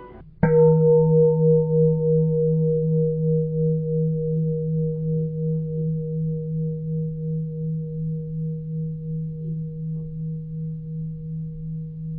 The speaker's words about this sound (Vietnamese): Chuông chánh niệm. Theo truyền thống, ở chùa ta thường dùng chuông để nhắc nhở mọi người trở về với giây phút hiện tại. Mỗi khi nghe chuông, chúng ta ngừng nói chuyện, ngừng suy nghĩ, mỉm cười và quay về với hơi thở, với chính mình.